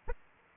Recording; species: mosquito wingbeat signal from an infrared sensor; Aedes aegypti